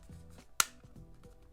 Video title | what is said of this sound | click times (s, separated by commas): How to Fix WATER DAMAGED Nintendo Switch [V1 & 2] | it just snaps in place | 0.6 s